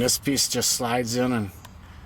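A plastic dash trim piece is handled as it is slid into the lower dash panel at the emergency brake release during dash work for an air conditioner evaporator replacement on a 300M. Someone talks throughout, with a brief faint tick near 1.7 s after the voice drops. Nothing has seated or clicked into place yet when the clip ends.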